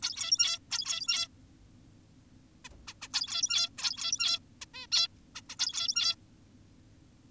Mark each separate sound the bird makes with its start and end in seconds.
0.03-0.59, 0.71-1.28, 2.65-2.69, 2.88-2.94, 3.02-3.08, 3.14-3.69, 3.78-4.39, 4.62-4.66, 4.74-4.87, 4.92-5.08, 5.35-5.41, 5.50-5.56, 5.59-6.15